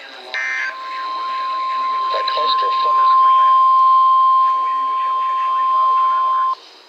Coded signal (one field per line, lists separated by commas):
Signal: Emergency Alert System (SAME) tones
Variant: 1050 Hz attention tone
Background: speech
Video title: YYWA: Episode 10 - EAS Alerts #208-#212 from 09/13/2022